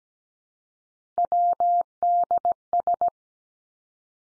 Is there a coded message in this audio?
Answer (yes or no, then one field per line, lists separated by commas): yes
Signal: Morse code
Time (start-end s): 1.2-3.1 s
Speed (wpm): 17 wpm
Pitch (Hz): 700 Hz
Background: none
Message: WDS